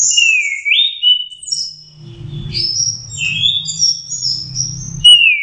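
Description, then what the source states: Orange-headed thrush song, a few long slurred whistles followed by high rising and falling whistled phrases, with a low hum beneath. Teler song type, version 4, used as a master song for training chestnut-capped thrushes (anis kembang).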